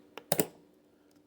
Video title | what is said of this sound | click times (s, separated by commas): I9-12900 install into MSI Pro Z690 wifi LGA 1700 motherboard | we hope to hear a double click okay | 0.3 s, 0.4 s